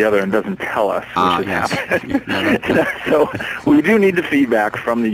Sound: laughs